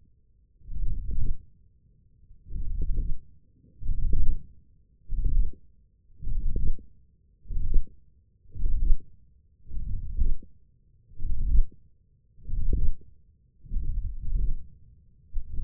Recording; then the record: forearm muscle sounds (acoustic myography)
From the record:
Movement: hand closing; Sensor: system 1, eight BSWA MPA416 microphones around the upper forearm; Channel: 5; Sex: male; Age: 20 years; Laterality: left